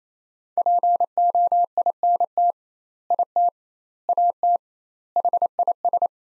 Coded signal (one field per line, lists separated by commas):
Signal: Morse code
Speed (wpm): 28 wpm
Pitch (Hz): 700 Hz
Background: none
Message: POINT IT AT HIS